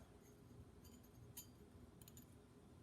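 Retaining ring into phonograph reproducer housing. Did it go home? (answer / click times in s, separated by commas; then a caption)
no / none. A metal retaining ring is being handled as it is fitted over the gasket of an Edison Diamond B phonograph reproducer, with its small bump meant to push into a matching hole so the ring locks in place. Light metal clinks are heard at about 1.4, 2.0, 2.1 and 2.2 seconds over a low background hum. Nothing has seated or clicked yet.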